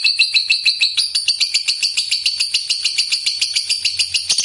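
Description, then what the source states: Lovebird chattering song, quick pulsing high twitters repeated several times a second in an even run. Lovebird described as a fighter type and gacor (actively singing).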